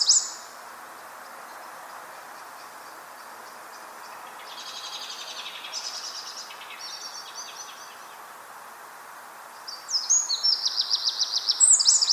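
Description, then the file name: Eurasian wren song: faint, high, rattling trills in the first half, then a loud, high, fast trill of sharp repeated notes near the end, with steady background hiss. "Troglodytes troglodytes"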